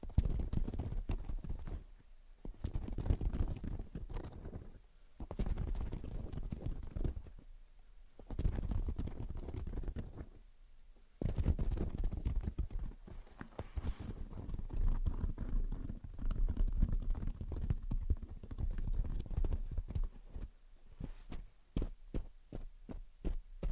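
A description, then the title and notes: Soft tapping and scratching comes in busy bursts of quick, uneven taps with a dull, low thud to them, separated by brief pauses near 2, 5, 8 and 11 seconds. Toward the end the taps thin out into sparser, sharper clicks. Gentle Tapping and Scratching. (No Talking).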